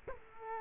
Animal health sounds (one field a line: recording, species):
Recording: mosquito wingbeat signal from an infrared sensor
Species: Culex quinquefasciatus